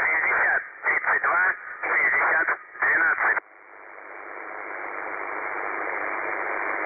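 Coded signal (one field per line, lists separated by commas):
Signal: numbers station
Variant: UVB-76 (The Buzzer)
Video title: The Buzzer/UVB-76 Voice Message (December 3, 2020 11:00 UTC)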